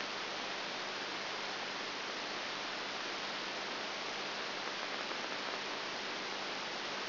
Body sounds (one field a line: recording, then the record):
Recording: brain microelectrode recording played as sound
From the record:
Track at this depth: outside the subthalamic nucleus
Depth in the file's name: 0.705 mm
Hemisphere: left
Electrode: 3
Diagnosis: Parkinson's disease